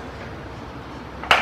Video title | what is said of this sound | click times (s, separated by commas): Top 5 Best Mop Buckets | you're gonna snap it right in so you hear the snap | 1.2 s, 1.3 s